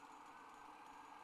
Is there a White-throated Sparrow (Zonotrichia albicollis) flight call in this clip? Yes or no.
no